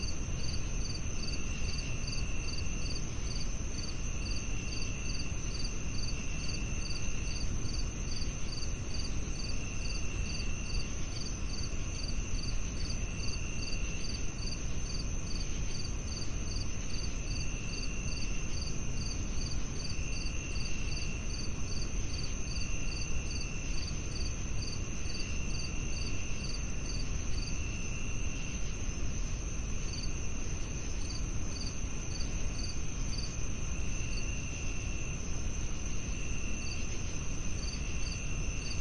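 Crickets chirp in a steady, fast pulsing pattern, high and bright, with a sharper chirp recurring every few seconds near a clear tone. Underneath runs a constant, even hiss of white noise filling the low and middle range, unchanging in loudness throughout.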